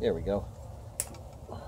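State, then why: Seated. The two halves of the ignition wiring connector on a 1981 Yamaha XS850 Special motorcycle are pushed together, and someone talks over it. A sharp, short click at 1.0 s shows the connector snapping into place and seating.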